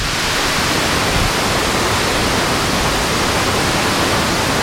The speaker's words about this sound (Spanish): El río no pasa, el río ruge, como estamos comprobando en este salto de agua aquí en la mitad del puente en esta presa del Guadalquivir. Lo escuchamos en directo.